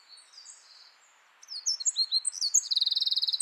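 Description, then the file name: Eurasian wren song starting softly with thin high notes, then after a brief pause bursting into loud, rapid trills ending in a fast repeated rattle. "Troglodytes troglodytes"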